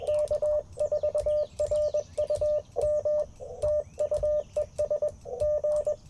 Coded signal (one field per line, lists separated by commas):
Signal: Morse code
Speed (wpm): 21 wpm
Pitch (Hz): 600 Hz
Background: radio noise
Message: K4RUM TU ES G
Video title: Morning Morse Code - 09/17/2024